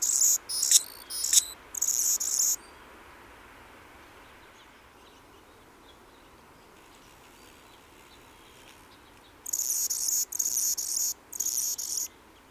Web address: xeno-canto colibri d anna